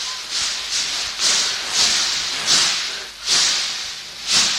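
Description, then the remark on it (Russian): A steam train pulling into a station, its hissing chuffs coming in rhythmic bursts that gradually slow and spread apart over a steady rushing background. No voices. “Поезд подошел к станции, тут и мы подоспели.”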